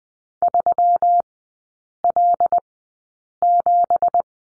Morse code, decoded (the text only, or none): 3L7